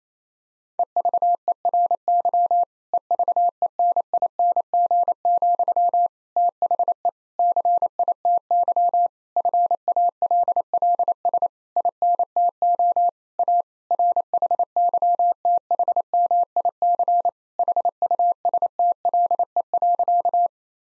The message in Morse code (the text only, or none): EVERY EVENING, THE CITY FALLS INTO A RHYTHMIC HUSTLE.